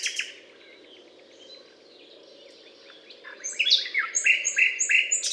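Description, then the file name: Common nightingale singing: a brief sharp note, quiet twittering, then a loud series of bright, rapidly repeated liquid notes. Recorded on a limestone butte in France, on 19 May 2012. "rossignol philomele Butte calcaire de Gratacap"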